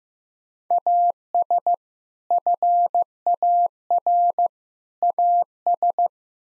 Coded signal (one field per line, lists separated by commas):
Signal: Morse code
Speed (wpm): 15 wpm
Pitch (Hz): 700 Hz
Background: none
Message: AS FAR AS